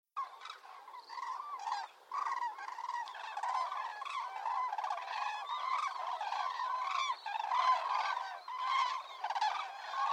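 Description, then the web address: Cranes trumpeting together, a busy chorus of resonant rolling calls with sharp higher notes mixed in, rapid and irregular, continuing steadily. "cranes birds"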